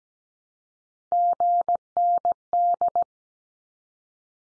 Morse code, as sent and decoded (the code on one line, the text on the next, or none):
--. -. -..
GND